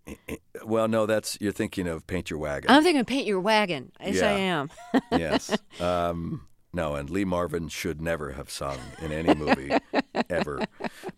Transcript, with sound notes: Well, no, that's - you're thinking of "Paint Your Wagon."
I'm thinking of "Paint Your Wagon."
Yeah.
Yes, I am (laughter).
Yes. No. And Lee Marvin should never have sung in any movie ever.